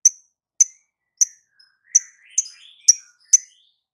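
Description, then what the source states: Lovebird chirps: sharp high notes about every half second with soft twittering warbles between them. Lovebird, ngekek panjang (long trill) song style, with ngetik (ticking chirps).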